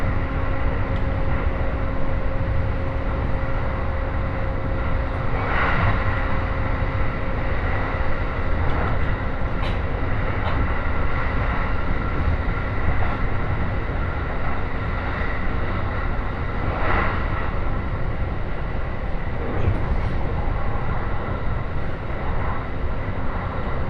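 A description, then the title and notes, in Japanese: A ride aboard a Joban Line train between Katsuta and Ishioka fills the clip with a steady, dense rumble, heavy in the lows, with a faint humming tone running underneath. Brief clanks and rattles rise out of it now and then, notably around six, seventeen and twenty seconds. 耳で楽しむ鉄道旅 常磐線 勝田→石岡。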